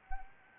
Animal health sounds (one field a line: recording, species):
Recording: mosquito wingbeat signal from an infrared sensor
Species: Anopheles arabiensis